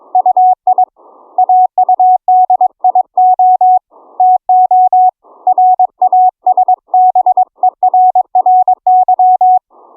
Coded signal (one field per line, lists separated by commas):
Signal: Morse code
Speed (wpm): 22 wpm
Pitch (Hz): 740 Hz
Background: none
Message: UI AUDIO TO RASBERRY